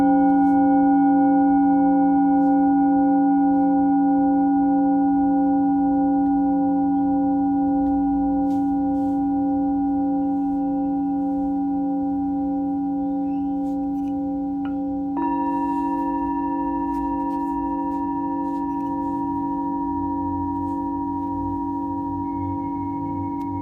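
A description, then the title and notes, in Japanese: A singing bowl rings with long, steady tones that slowly fade over the clip. Around fifteen seconds a second strike adds a fresh, slightly higher ring on top of the lingering hum. A soft low rumble sits underneath throughout. メキシコから シンギングボウルのサウンドヒーリング。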